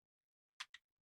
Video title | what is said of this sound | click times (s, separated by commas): Quick Dell OptiPlex 3060 Micro Disassembly and Reassembly | if you're not as bad as I am you probably got this in by now no there we go | 0.6 s, 0.7 s